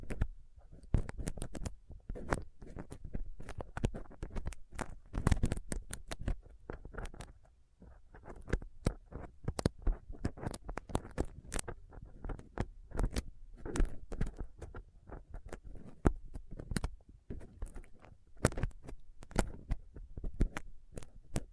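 A rough mic is picked and scraped with a dental pick, tweezers and a cotton swab, giving a dense, irregular stream of scratchy clicks and pops. The ticks run from dull low thumps to bright crackles, with brief thinner moments around seconds 7 and 17.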